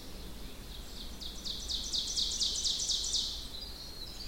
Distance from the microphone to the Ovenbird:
about 55 m